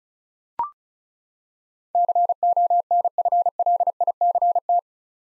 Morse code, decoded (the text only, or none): CONFLICT